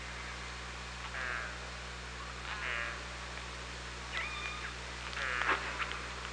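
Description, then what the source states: Killer whale pulsed calls, four bursts of harmonic, buzzy tones, some rising and falling, spaced about every one to one and a half seconds, over steady underwater hiss and low hum. Recorded on the OrcaLab hydrophone at Parson Island, 24 August 2017, 18:48.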